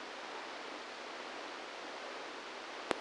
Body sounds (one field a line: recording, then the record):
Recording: brain microelectrode recording played as sound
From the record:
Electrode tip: inside the subthalamic nucleus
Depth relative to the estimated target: -1 mm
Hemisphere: right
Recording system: NeuroSet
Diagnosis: Parkinson's disease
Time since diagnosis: 27 years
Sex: male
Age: 62 years